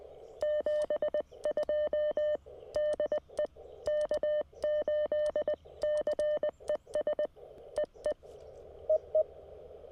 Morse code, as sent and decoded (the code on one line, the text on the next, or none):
--... ..--- / -.. . / -.- ---.. -.-. . ... / . . / . .
72 DE K8CES EE EE